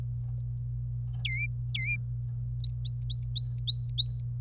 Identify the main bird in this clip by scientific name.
Serinus canaria